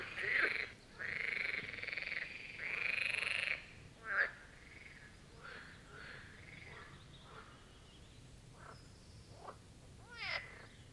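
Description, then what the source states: Marsh frogs calling: long rattling croaks early on, then softer, scattered short clicking notes. A chorus at the Birkensee, Schönbuch, Germany, recorded on one of the first proper hot summer days of 2023.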